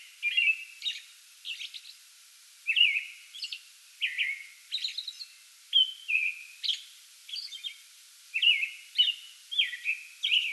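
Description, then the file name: American robin song: bright whistled phrases and high squeaky notes alternating in loose groups, with short pauses between bursts. Pre-dawn song bout recorded on 8 May 2022. "2022-05-08 American Robin pre-dawn song bout"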